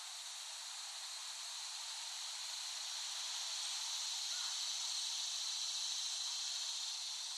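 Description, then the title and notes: Cicadas buzzing in a continuous shrill hiss that slowly grows louder. Cicadas recorded in West Brighton, Staten Island, late summer 2008. "The Cicadas of Summer. Recording of cicadas made by Dan Bodah in West Brighton, Staten Island, late summer 2008"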